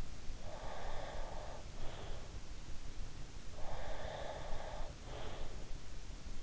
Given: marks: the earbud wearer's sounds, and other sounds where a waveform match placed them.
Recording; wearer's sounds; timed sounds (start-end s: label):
sounds in sleep by an in-ear microphone; breath
0.42-2.49 s: breath
3.64-5.69 s: breath